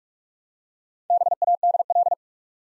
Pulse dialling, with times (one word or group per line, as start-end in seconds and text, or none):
none